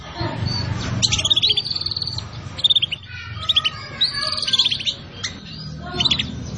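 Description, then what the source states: Canary song: rapid high trills and buzzy rattles in bursts, with short pauses between phrases over a low steady hum. Canary song used as a lure (pikat) to attract birds.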